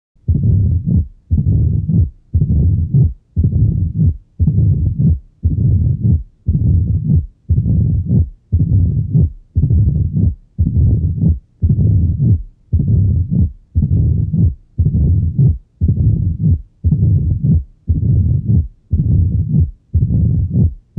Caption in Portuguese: Som de Estenose Mitral. A estenose mitral, classicamente causa um sopro diastólico tipo ruflar , que, na presença de ritmo sinusal vem acompanhado de um reforço pré-sistólico (pelo aumento do fluxo transmitral durante a contração atrial). Em valvas doentes, mas não tão calcificadas, é possível ouvir, antes do sopro, um estalido de abertura .